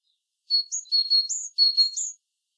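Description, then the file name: Great tit giving one short burst of alternating high notes, a steady tone followed by a sharper upslurred one, repeated three times. "Parus major"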